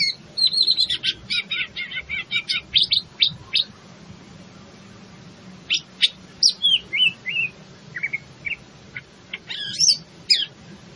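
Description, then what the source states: Greater green leafbird song: a fast rattling series of high sharp notes, then spaced downslurred whistles and chips, ending in another quick high flurry. In full song, a style called gacor.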